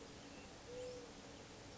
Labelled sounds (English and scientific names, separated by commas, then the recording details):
Mourning Dove (Zenaida macroura)
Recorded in Sonoma County, California